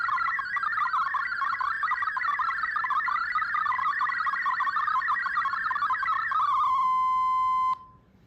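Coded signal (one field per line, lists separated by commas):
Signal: multi-tone FSK (Olivia or MFSK type)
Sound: rapid warbling stepped tones for about seven seconds, then a steady tone, abrupt stop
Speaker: C'est parti, on va je vais procéder à la démonstration.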